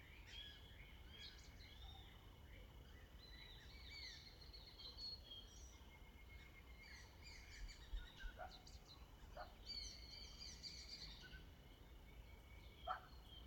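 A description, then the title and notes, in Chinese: Mountain forest ambience: a steady low rumble underlies a busy scatter of bird chirps and trills throughout, with a thin, constant high insect-like whine. A few sharper, louder calls stand out around eight, ten and thirteen seconds. 懶山林環境音。早晨。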